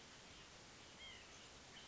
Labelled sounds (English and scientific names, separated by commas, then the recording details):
White-breasted Nuthatch (Sitta carolinensis)
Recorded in Sonoma County, California